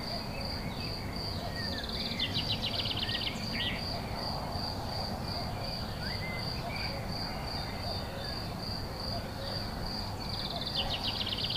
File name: Grillons oiseaux grenouilles la Plaine Tonique 14 05 17